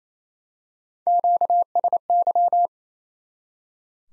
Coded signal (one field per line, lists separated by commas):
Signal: Morse code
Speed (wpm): 28 wpm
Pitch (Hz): 700 Hz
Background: none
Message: QSY